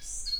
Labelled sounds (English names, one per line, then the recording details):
Stitchbird song
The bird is a male
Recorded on Tiritiri Matangi Island, New Zealand, in 2005
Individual 11, of nest box 13